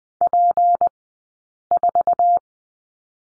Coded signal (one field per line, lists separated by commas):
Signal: Morse code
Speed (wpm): 20 wpm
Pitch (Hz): 700 Hz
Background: none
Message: P4